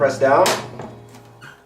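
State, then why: Seated. Someone talks as the detachable neck of a Journey Overhead folding travel guitar is slotted into its socket on the body and pressed down. A short snap at 0.8 s marks the neck popping into the body's neck joint mechanism. The neck is seated in place.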